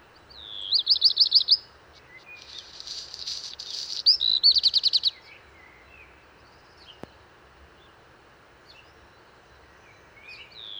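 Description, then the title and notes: Black redstart song: a brisk run of high repeated notes, then a scratchy crackling burst and another run, followed by quiet with faint chips. Singing from the top of a large lime tree, early morning, 19 March 2019, Val Maravel, Drôme, France; first of the season; crumpled song; Wildtronic parabola, MKH8020, MixPre-3. "Val Maravel - Drôme. chant du Rouge-queue noir"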